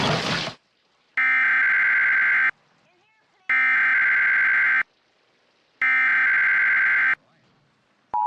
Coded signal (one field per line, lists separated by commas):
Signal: Emergency Alert System (SAME) tones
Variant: header bursts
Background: speech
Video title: New York City EAS Alert: Required Monthly Test (09/06/2023)